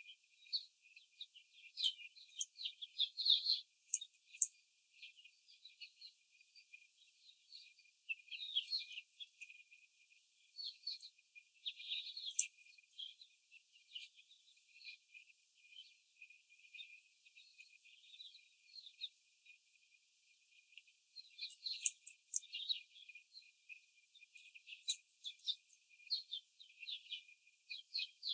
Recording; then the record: young laying hens in a cage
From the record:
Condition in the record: after the stressor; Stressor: simulated dog barking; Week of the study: 4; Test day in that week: 3